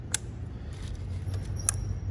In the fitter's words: now let's go back clip these make sure you hear that little click did you hear it listen